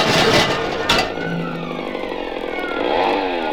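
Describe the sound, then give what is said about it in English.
A small motor scooter engine runs with a buzzing, rattly drone, loud and steady, its pitch wavering and rising slightly as it revs, with a brief louder sputter near the start, as Stanley and Ollie ride off on it to escape a pursuer. “There's a motor scooter, Ollie. Good. Hop on the back, Stanley.”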